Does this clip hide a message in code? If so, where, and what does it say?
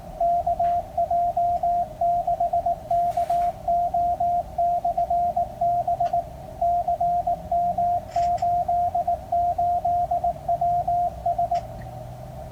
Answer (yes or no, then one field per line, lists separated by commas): yes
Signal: Morse code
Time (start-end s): 0.2-11.6 s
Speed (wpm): 18 wpm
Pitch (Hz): 700 Hz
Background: radio noise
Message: KJ6KO/B CM88WS